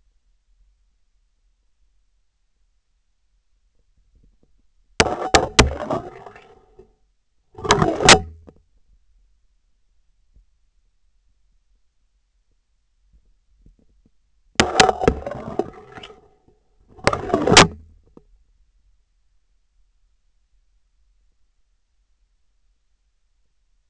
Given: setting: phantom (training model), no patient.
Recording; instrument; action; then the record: laparoscopic instrument, vibration sensor on the handle end; scissors; insertion and removal through the trocar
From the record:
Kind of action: spatial motion